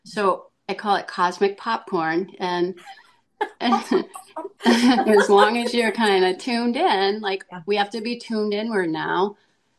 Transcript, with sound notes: So I call it cosmic popcorn, and-
(laughs)
...and as long as you're kinda tuned in, like, we have to be tuned inward now,